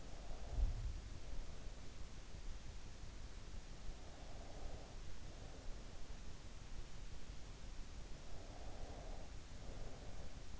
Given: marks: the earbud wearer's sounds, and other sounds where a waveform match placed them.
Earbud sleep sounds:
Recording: sounds in sleep by an in-ear microphone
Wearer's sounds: breath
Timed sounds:
0.00-2.10 s: breath
0.45-1.45 s: sound from someone else or the room
3.75-6.12 s: breath
8.07-10.59 s: breath

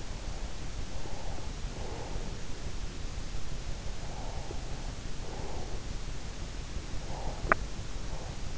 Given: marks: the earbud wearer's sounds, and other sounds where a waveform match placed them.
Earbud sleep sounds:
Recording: sounds in sleep by an in-ear microphone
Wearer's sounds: breath, teeth grinding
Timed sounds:
0.89-2.63 s: breath
4.03-5.89 s: breath
6.88-8.58 s: breath
7.37-7.69 s: teeth grinding

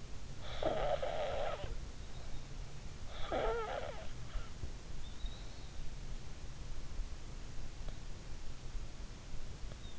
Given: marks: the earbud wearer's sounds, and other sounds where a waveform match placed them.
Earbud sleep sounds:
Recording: sounds in sleep by an in-ear microphone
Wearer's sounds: snoring breath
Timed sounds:
0.00-4.80 s: snoring breath

